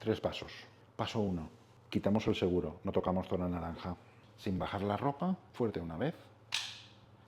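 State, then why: Seated. An adrenaline auto-injector, likely a trainer, is pressed firmly against the thigh while someone talks. A single sharp, wood-block-like click sounds at 6.5 s as it activates, and the injector is held in place.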